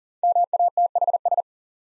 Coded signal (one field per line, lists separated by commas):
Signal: Morse code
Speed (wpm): 36 wpm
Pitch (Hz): 700 Hz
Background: none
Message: MATHS